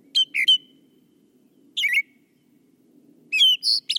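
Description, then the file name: Brown thrasher song: varied squeaky and whistled phrases in short groups separated by pauses, over a steady low hum. "suara kicauan brown thrasher. omkicau"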